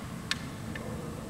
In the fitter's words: quick yes right there so we know we're at or okay so that little that little click let